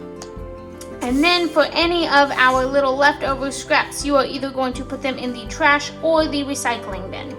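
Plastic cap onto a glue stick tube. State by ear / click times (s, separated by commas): seated / 0.2 s, 0.8 s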